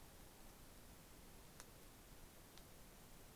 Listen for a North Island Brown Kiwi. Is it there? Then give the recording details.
no. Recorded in New Zealand on 9 December 2013. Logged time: 23:28. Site DE65